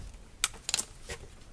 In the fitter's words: push in until it clicks